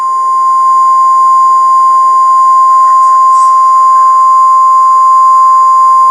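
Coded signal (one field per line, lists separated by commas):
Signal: Emergency Alert System (SAME) tones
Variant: 1050 Hz attention tone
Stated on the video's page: Custom-made, not real, EAS for the 2011 tornado outbreak.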